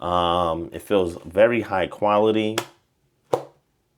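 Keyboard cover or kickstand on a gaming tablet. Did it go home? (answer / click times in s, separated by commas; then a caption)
yes / 3.3 s. Someone talks, then a part of an Asus ROG Flow Z13 gaming tablet (64GB RAM model with Radeon 8060S iGPU), either the detachable keyboard cover or the kickstand, is pressed into place. A single sharp click sounds at 3.3 s after a brief silence, and the part is seated.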